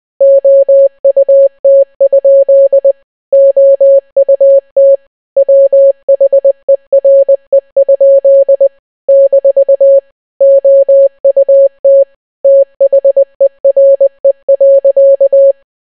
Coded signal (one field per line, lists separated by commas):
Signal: Morse code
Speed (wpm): 20 wpm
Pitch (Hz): 550 Hz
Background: none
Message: OUT? OUT WHERE? - OUT THERE.